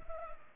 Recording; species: mosquito wingbeat signal from an infrared sensor; Culex pipiens